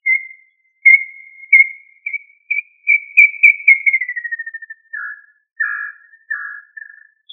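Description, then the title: Quail whistled series: a run of clear notes that step gently upward, then slide down, ending in lower, rougher, broken notes. Family Tinamidae. "Familia Tinamidae - Quail - Puyuh"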